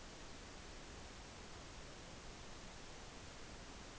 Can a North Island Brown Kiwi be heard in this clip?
no